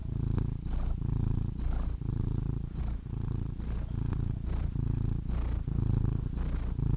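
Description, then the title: Domestic cat purring, a low steady rumble with soft breathy surges throughout. "The Ultimate Compilation of Adorable Cat Meows #CatMeows #CuteKittens"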